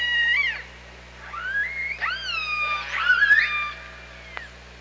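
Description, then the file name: Orca calls, several whistled tones that swoop up and down with strong harmonics, one after another, over quiet low hum. Recorded at OrcaLab on 24 August 2017 at 07:50. "Orca Lab UTLN JASON 20170824 075013"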